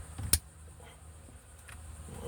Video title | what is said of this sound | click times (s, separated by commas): Replacing the clock spring in 2004 Toyota Sequoia. | once you hear it click. Okay, | 0.3 s